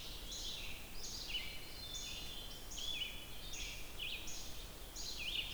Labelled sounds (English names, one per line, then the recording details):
Red-eyed Vireo song
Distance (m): 40 m
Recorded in boreal forest in Alberta, Canada, on 28 June 2016 at 07:17
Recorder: SongMeter 3, array SBT-6-79
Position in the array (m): 122 m, 190 m